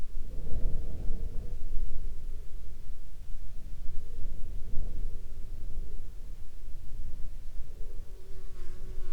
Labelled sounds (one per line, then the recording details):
wind
insects
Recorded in the Arctic National Wildlife Refuge, Alaska, on 10 July 2021 at 19:55
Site 42